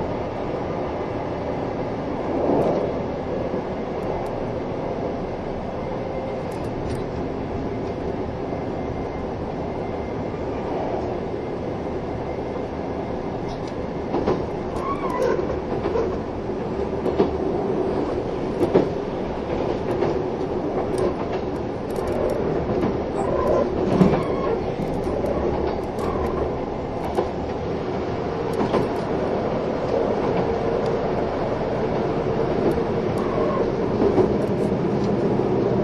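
A train runs steadily with a dense low rumble and rattling wheel clatter, plus brief squeals and clunks that grow busier after fifteen seconds.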